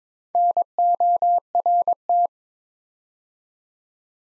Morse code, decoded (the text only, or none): NORT